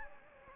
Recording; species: mosquito wingbeat signal from an infrared sensor; Anopheles gambiae